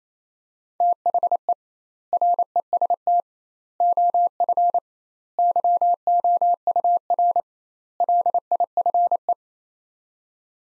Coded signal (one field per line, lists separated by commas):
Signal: Morse code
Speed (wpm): 28 wpm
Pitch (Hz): 700 Hz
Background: none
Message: THE REST OF YOUR LIFE